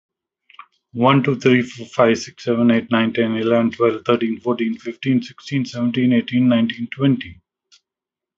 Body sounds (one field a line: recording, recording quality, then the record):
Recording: counting at a fast pace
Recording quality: excellent, no background noise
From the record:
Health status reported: COVID-19 positive, mild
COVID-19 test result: positive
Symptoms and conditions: cough, breathing difficulty, sore throat, fever, loss of smell and taste, pneumonia, diabetes, ischaemic heart disease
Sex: male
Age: 62 years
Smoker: not ticked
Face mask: not worn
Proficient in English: yes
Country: India